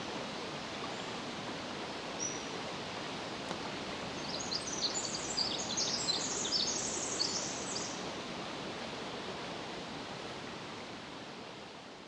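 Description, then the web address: Pacific wren song: a faint, fast cascade of high jingling notes lasting about four seconds midway, set against heavy steady hiss. Recorded 10 July 2011 at 06:35. "ear jh-20110710-0635 pacific-wren"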